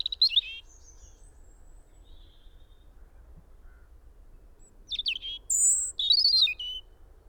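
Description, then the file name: European robin singing a brief warbled phrase, pausing several seconds, then returning with a rushed series of high, tinkling, twisting notes and whistles. "Erithacus rubecula"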